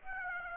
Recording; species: mosquito wingbeat signal from an infrared sensor; Aedes aegypti